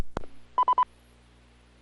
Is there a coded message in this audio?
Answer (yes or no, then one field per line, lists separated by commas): no